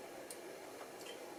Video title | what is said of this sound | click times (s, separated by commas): iPhone SE (2nd Gen) Home Button Repair | Should click in. | 0.3 s